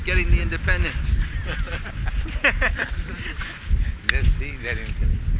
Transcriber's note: laughter